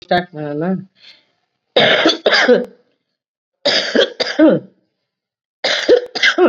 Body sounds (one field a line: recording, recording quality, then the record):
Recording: heavy voluntary cough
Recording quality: moderate, slight background noise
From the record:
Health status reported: COVID-19 positive, mild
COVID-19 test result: positive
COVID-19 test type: RT-PCR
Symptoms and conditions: cough, fever, fatigue, muscle pain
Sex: female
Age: 55 years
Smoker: no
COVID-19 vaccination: both doses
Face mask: not worn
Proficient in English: yes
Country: India